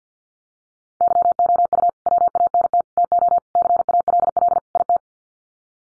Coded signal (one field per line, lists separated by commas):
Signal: Morse code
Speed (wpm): 50 wpm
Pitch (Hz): 700 Hz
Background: none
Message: YOU WANT TO CALL IT